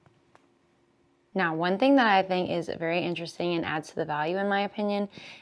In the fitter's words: Then to close, you're going to just go down and you'll hear a little click.